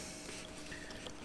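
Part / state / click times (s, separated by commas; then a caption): accessory hub connector or clip into its mount on a motorcycle / seated / 1.1 s. A plastic part of a PathFinder Power Accessory Hub, the connector or clip, is pushed back into its mount on a 2023 Honda Goldwing motorcycle against a steady, noisy hiss. A single short snap at 1.1 seconds marks the part seating into place.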